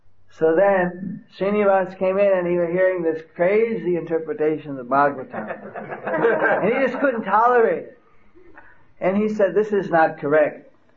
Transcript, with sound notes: So then, Srinivasa came in and he was hearing this crazy interpretation of the Bhagavatam, (laughter) he just couldn’t tolerate. And he said "This is not correct."